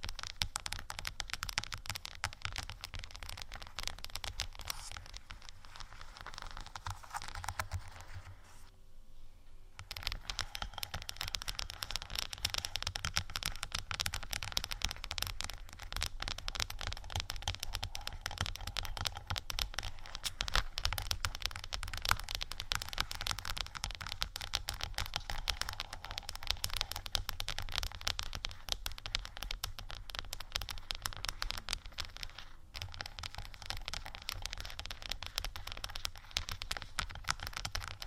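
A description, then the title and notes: Dense crackling scratches and rapid taps on a crystal sticker sheet, continuing almost nonstop except for a brief pause around nine seconds. ASMR Crystal Sticker Sheet Scratch & Tap（No Talking）.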